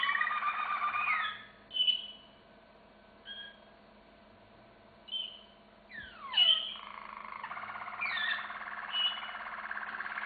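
Canary song in separate bursts: a rich warbled trill, then short whistled notes with pauses, a quick falling sweep, and another rolling trill.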